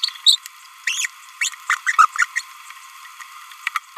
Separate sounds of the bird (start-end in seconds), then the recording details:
0.03-0.11, 0.27-0.36, 0.87-1.06, 1.70-1.77, 1.97-2.06, 2.16-2.25, 2.36-2.41. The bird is a male. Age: 27 days. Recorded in a nest box in Venezuela. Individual 17B31A2